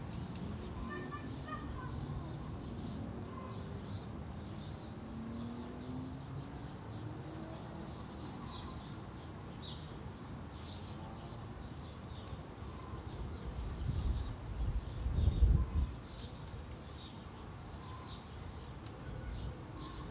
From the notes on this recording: City sounds and all around recording from my garden.